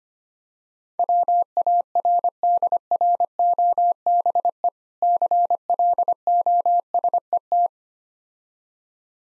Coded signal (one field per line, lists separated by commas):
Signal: Morse code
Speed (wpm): 26 wpm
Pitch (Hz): 700 Hz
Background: none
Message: WARDROBE CLOSET